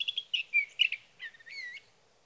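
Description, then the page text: Sage thrasher song, a few quick slurred notes ending in a drawn-out, steady note. Male singing near his night roost through three nights, evening of June 12 to morning of June 15, 2018, Sierra Valley, California; Swift recorder placed near roost; night songs. "Birdsong for the Curious Naturalist: Explore #7. 61. Sage thrasher songs, through the night"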